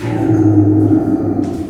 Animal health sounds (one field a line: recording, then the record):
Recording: squeal of a Yucatan mini pig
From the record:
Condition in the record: before surgery on the right vocal fold (resection and tissue-engineered implant)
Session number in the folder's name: 2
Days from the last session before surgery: -15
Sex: female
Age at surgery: 19 weeks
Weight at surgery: 25 kg